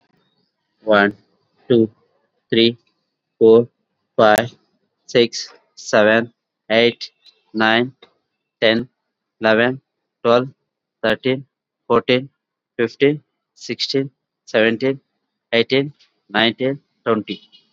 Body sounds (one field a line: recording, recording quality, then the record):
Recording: counting at a normal pace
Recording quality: excellent, no background noise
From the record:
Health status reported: COVID-19 positive, mild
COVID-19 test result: positive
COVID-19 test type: RT-PCR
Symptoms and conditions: cold, sore throat, fever, fatigue, muscle pain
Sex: male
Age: 36 years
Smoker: no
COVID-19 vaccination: both doses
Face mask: worn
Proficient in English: yes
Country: India